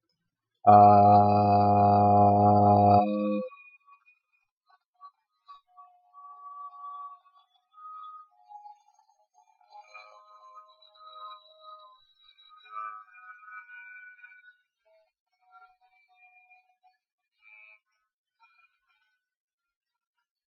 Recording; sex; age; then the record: vowel held as long as possible; male; 30 to 39 years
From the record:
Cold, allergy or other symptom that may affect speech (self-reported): no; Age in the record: 34 years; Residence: Georgia, United States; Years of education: 14